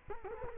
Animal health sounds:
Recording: mosquito wingbeat signal from an infrared sensor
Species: Culex quinquefasciatus

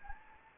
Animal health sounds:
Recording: mosquito wingbeat signal from an infrared sensor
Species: Anopheles gambiae

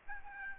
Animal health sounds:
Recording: mosquito wingbeat signal from an infrared sensor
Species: Aedes albopictus

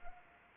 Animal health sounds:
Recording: mosquito wingbeat signal from an infrared sensor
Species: Anopheles gambiae

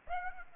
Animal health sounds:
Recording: mosquito wingbeat signal from an infrared sensor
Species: Aedes aegypti

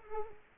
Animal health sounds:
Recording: mosquito wingbeat signal from an infrared sensor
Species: Culex quinquefasciatus

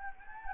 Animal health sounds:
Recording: mosquito wingbeat signal from an infrared sensor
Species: Anopheles gambiae

